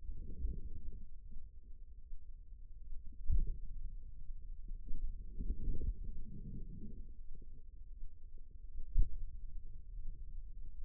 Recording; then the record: forearm muscle sounds (acoustic myography)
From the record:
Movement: finger pinch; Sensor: system 2, bracelet of six BSWA MPA416 microphones around the upper forearm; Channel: 4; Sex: female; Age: 25 years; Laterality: right